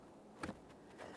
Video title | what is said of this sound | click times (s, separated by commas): How to Replace HVAC Blower Motor Assembly 2014-2018 Mazda 3 | After that audible click, we're giving this a light tug. | 0.4 s